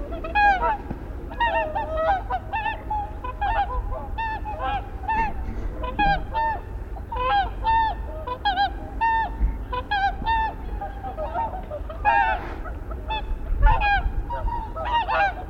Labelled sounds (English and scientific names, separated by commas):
Whooper Swan (Cygnus cygnus) call